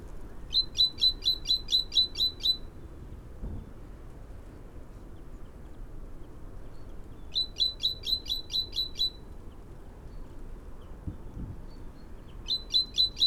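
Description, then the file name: Great tit calling in three fast bursts of sharp, high chips, the first two of roughly nine each, separated by pauses of several seconds, the last cut off, over a steady low rumble. "Parus major"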